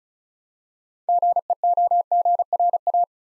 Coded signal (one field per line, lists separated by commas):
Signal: Morse code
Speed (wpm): 36 wpm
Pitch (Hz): 700 Hz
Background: none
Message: GEOGRA